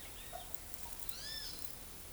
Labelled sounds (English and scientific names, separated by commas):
Great Kiskadee (Pitangus sulphuratus)